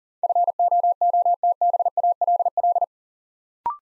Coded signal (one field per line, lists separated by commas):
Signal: Morse code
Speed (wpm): 41 wpm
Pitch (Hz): 700 Hz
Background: none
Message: FOOTBALL